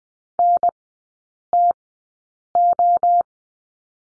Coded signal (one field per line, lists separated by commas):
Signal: Morse code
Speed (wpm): 20 wpm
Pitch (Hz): 700 Hz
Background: none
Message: NTO